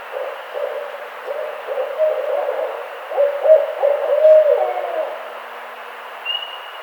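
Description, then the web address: Barred owl giving a rolling series of low hoots that build and swell, then a drawn-out sliding note, with a high whistle near the end. Recorded on 18 April 2009. "Barred Owl 2009 04 18 Barred Owl 01"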